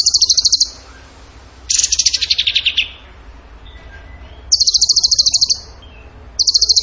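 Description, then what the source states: Bird singing in bursts: a short high trill, a longer trill that slides downward, a quiet gap, then two more rapid high trills. Masteran (training recording) of bird song in the tembakan gacor style.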